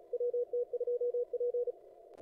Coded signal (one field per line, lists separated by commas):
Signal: Morse code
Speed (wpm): 36 wpm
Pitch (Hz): 500 Hz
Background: radio noise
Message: WT2P